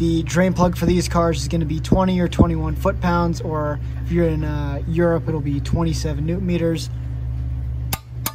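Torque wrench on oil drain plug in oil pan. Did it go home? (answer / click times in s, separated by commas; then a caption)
yes / 7.9 s, 8.3 s. Someone talks over a steady low hum while a click-type torque wrench tightens the oil pan drain plug, with its crush washer, on a 2.0 TSI engine to 20–21 ft-lb (27 Nm). The wrench gives two sharp clicks at 7.9 s and 8.3 s, confirming the drain plug has reached the torque spec.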